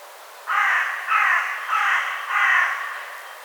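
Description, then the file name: Carrion crow producing a run of four raspy caws at a regular pace, the last drawn out slightly longer. "Corvus corone"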